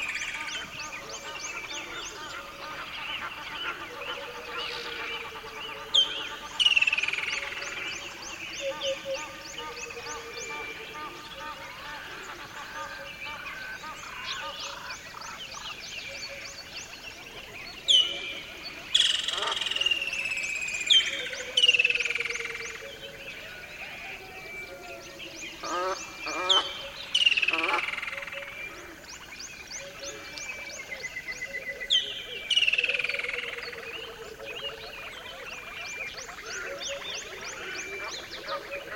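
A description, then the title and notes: A dawn chorus in an almost dry riverbed, with many birds calling at once in a dense, steady layer of chirps, trills and whistles. Louder bursts of sharp, bright calls stand out around 6, 18–21, 26–28 and 32 seconds over a constant low hum. Dawn chorus in an almost dry riverbed on the border between South Africa and Botswana. This is one of the most lush and diverse soundscapes I've experienced featuring a multitude of bird species.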